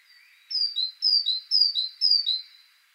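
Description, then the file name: Great tit singing a run of four two-note phrases, high then lower, evenly spaced and ringing. "Parus major"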